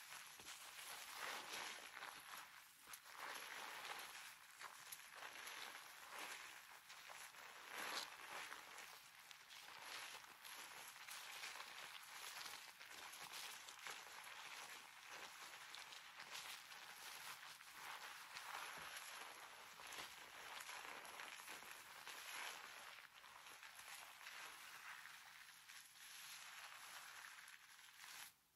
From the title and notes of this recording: Hair wash hair brushing scalp scratch head massage (no talking).